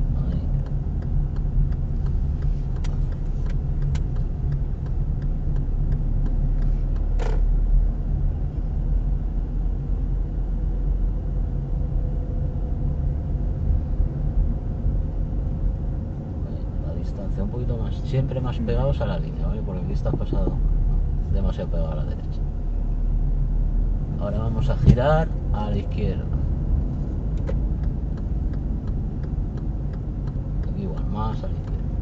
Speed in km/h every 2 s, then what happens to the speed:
19, 17, 16, 18, 21, 23, 23, 24, 25, 21, 18, 19, 23, 26, 25, 24.
0-15 speeds up to 25. 15-20 slows to 18. 20-26 speeds up to 26. 26-32 steady at about 25.